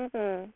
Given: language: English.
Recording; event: throat vibration sensor signal played as sound; speech